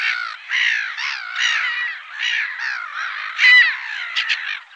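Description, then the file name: Black-headed gull calls, a steady stream of hoarse, wavering squawks running into one another, with a louder sharp cry near the end. "Skrattmas"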